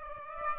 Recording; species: mosquito wingbeat signal from an infrared sensor; Aedes aegypti